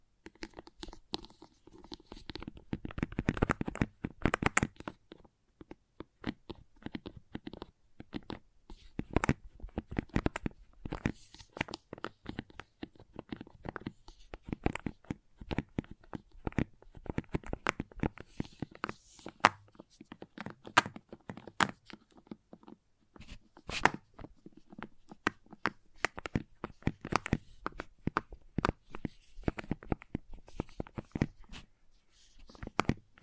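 Crayons tap and scrape in quick, irregular clicks and short scratchy strokes throughout, with a busier cluster near four seconds and brief pauses between.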